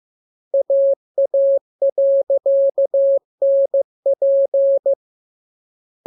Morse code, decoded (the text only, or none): AA.NP